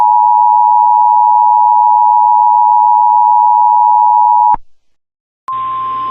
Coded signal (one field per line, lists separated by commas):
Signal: Emergency Alert System (SAME) tones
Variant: 853 and 960 Hz attention tone